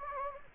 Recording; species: mosquito wingbeat signal from an infrared sensor; Anopheles gambiae